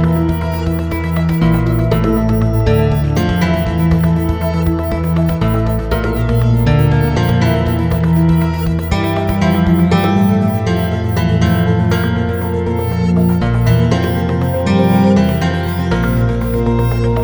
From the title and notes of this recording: Some productions of binaural beats.